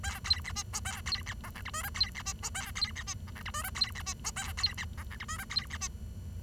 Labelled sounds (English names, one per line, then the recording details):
Bengalese Finch song
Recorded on 23 June 2012 at 11:15
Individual gr41rd51